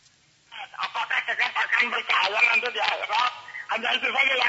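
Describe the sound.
Tinny, narrow-band phone-line audio of a phone call with continuous voices and the caller's radio playing underneath, causing feedback, the sound steady and muffled through most of the few seconds with a brief dip midway.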